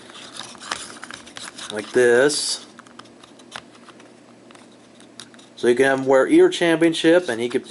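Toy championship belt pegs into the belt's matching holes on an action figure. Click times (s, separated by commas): 0.7 s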